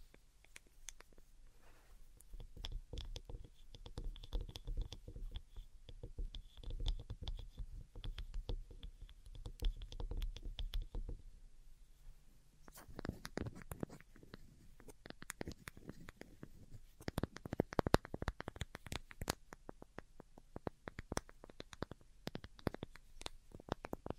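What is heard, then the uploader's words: Delicate tapping comes as quick, light clicks, dense and irregular through the first half over a soft low hum and a faint steady whine. Around eleven seconds the hum drops away and the taps turn sharper and sparser, arriving in uneven clusters with short pauses. ASMR DELICATE Tapping for Sleep (No Talking).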